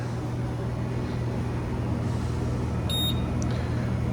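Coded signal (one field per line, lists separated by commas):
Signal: beep code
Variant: Hoshizaki ice machine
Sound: a single short high-pitched beep over a steady low machine hum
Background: machine hum, room noise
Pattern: 1 short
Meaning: One beep on a Hoshizaki ice machine signals a high evaporator temperature alarm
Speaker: usually it's a three beep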